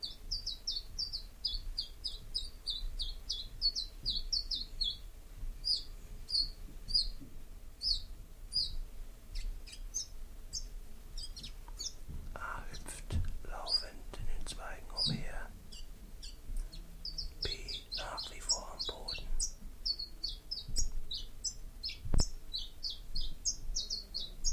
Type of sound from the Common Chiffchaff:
song